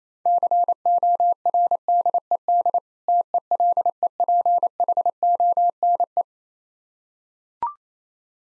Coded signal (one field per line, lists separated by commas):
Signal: Morse code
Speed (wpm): 28 wpm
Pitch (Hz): 700 Hz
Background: none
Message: CORDED TELEPHONE